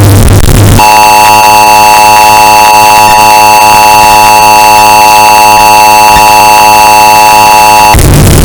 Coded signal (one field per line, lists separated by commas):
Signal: Emergency Alert System (SAME) tones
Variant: 853 and 960 Hz attention tone